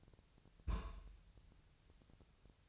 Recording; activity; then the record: daily activity, microphone in the room; place on stove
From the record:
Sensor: 2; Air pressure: 999.1 hPa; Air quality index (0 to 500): 199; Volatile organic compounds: 29 ppm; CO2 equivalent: 2937 ppm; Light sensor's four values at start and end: 6/15/6/6 and 6/15/6/6